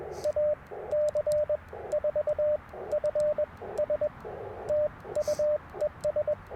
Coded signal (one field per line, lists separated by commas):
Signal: Morse code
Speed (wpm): 20 wpm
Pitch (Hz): 600 Hz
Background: radio noise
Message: AC4FS TU ES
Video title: Morning Morse Code - 1/10/24